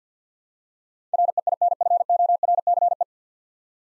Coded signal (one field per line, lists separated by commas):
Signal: Morse code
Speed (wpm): 50 wpm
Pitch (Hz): 700 Hz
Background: none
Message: REINFORCE